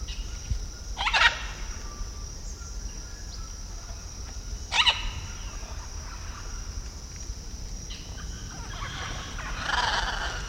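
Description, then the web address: Blue-and-yellow Macaw giving two harsh, raspy squawks a few seconds apart, then fainter rough calls near the end, over a steady high insect hum. Eastern lowlands of South America. "Natures Songs S America Eastern Lowlands. Blue-and-yellow Macaw"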